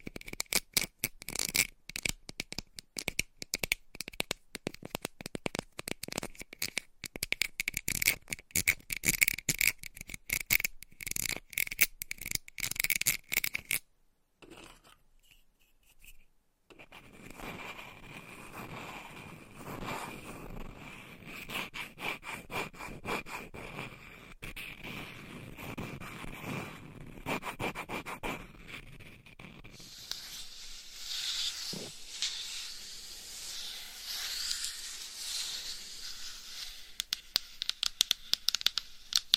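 Gentle tapping and scratching, with quick, dense clicks filling the first fourteen seconds before a short near-silent pause. From about seventeen seconds a softer, steady scratching rubs on, with scattered taps, turning brighter and hissier after thirty seconds.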